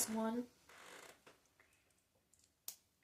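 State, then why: Seated. Someone talks briefly, then there is soft rustling and a few faint ticks as the last of 14 identical plastic LEGO sub-assemblies is pressed onto a plastic toy brick sub-assembly. A single sharp snap at 2.7 s marks the piece seating into place.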